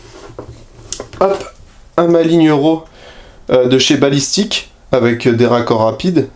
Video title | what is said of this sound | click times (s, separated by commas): PARLONS HPA !!! - INFERNO GEN 2 WOLVERINE - AIRSOFT FR - | hop, avec un raccord rapide qui vient venir se clipser, | 0.9 s